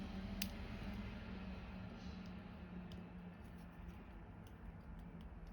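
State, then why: Not seated. A plastic chest part from a Robocop model kit is pressed into its mating piece on the model figure's torso, with soft handling noise and a couple of faint plastic taps. Nothing has clicked or seated into place yet.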